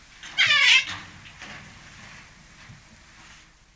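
European otter giving one short, high harmonic squeal, wavering and lasting under half a second, followed by faint breathy noise.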